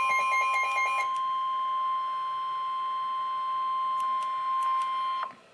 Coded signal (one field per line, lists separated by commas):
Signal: Emergency Alert System (SAME) tones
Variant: 1050 Hz attention tone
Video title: River Flood Warning - EAS #249